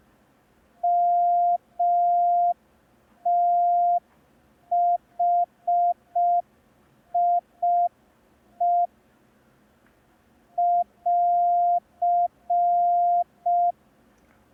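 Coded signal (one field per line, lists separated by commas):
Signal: Morse code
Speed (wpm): 5 wpm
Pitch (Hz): 700 Hz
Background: none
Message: MTHIE <AR>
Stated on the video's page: Morse code lesson, day 1 of a 10-day learning course.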